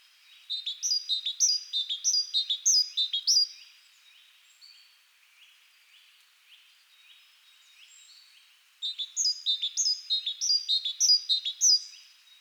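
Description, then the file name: Great tit: a fast string of clear, high notes, a pause of about five seconds, then another matching run. "Parus major"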